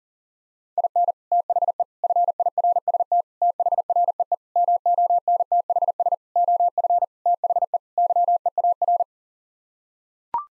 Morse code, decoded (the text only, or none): IN THE FIRST THREE MONTHS OF THE YEAR